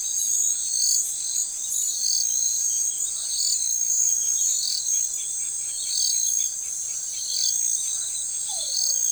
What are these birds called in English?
none